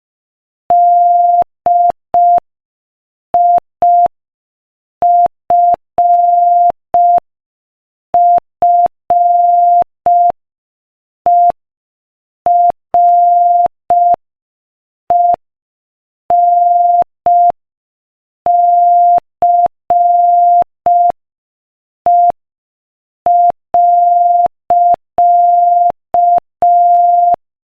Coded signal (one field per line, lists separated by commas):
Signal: Morse code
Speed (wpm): 5 wpm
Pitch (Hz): 700 Hz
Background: none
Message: DIFFERENCE.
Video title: Morse Code Practice: 5 wpm Inspirational Quote 6